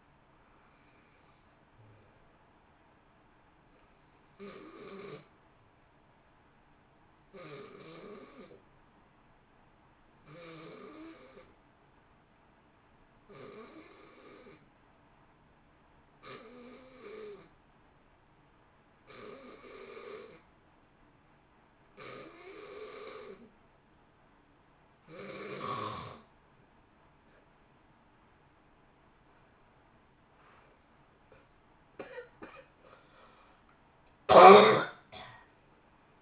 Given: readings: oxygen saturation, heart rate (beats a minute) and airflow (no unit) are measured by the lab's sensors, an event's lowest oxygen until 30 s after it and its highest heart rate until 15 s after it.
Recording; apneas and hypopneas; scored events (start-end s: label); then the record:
breathing in sleep by a voice recorder at the bedside; 1
12.00-29.80 s: hypopnea (N2, oxygen 90% highest, then 84% lowest, heart rate 58 at the start, 74 highest)
30.00-36.22 s: new sleep stage, N1 (lightest sleep)
From the record:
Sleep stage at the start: N2 (light sleep); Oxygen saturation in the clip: 85 to 90%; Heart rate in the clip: 58 to 69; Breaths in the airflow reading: 11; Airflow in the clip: -1.4 to 2.5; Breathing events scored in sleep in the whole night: 328 in 6.3 hours asleep